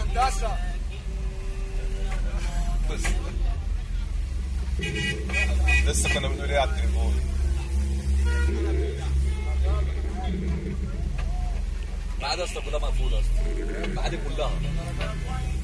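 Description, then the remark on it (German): Dense street traffic heard from inside a taxi, while another taxi driver who has parked his car directs the traffic himself: a steady rumble with a deep engine drone, broken by bursts of car horns honking and tooting, while a murmur of voices and occasional bird chirps drift through the noise. “Ich sitze immer noch im selben Taxi. Auf der Straße steht jetzt ein anderer Taxifahrer.”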